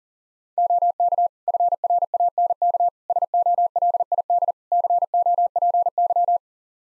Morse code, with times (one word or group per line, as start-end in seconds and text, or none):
0.6-1.3 OK
1.5-2.9 FRANK
3.1-4.5 SOLID
4.7-6.4 COPY